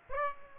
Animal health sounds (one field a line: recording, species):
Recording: mosquito wingbeat signal from an infrared sensor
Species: Aedes aegypti